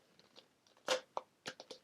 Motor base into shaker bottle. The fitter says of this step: Okay, yes, it clicked in.